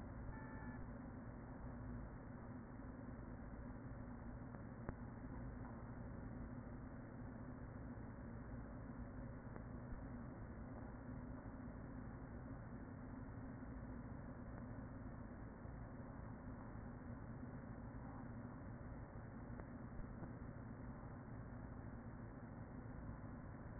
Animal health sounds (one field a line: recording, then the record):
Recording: honeybee colony, microphone inside the hive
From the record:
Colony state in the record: queen present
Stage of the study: after two queens were removed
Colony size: about 40,000 bees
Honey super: no